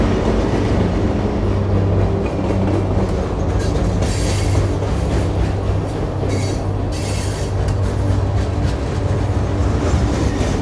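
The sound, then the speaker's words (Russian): A train running through Piskaryovka rolls steadily along the rails with a loud, continuous low rumble and droning hum, broken by a few bursts of hissing rattle from the wheels and cars. No voices. “Поезд пойдет через Пискаревку.”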